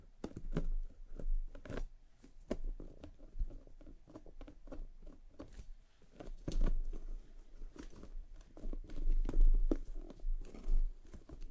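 Hands massage a scalp and brush through hair with soft, irregular patter and rustling. Quick bright scratchy strokes come in bursts, denser around two, six to seven, and nine to eleven seconds. A low rumble sits underneath throughout.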